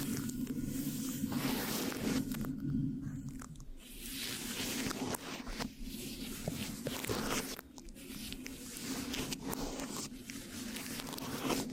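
Sticky mic scratching crackles steadily with a low rumbling hum, brief sharp scrapes and short quiet gaps near four and eight seconds.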